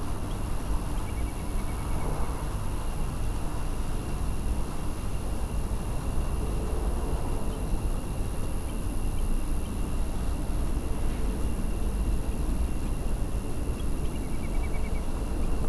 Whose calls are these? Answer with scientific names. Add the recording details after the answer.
Tachybaptus ruficollis. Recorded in France